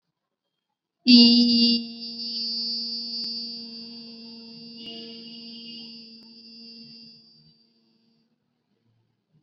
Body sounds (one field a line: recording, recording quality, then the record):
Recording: sustained vowel as in beet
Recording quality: excellent, no background noise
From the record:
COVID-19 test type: RT-PCR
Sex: female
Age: 21 years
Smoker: no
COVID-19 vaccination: both doses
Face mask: worn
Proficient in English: yes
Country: India